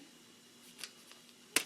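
A plastic driveline securing clip on a HeartWare LVAD dressing is released by putting its head part back into the "pants" opening and pulling. Faint small clicks at about 0.8, 1.1 and 1.3 seconds lead up to a loud, sharp snap at 1.6 seconds as the clip opens and frees the LVAD driveline cord.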